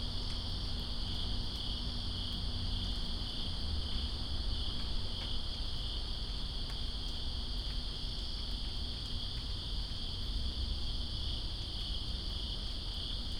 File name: Greensboro Crickets And Rain September 02 2017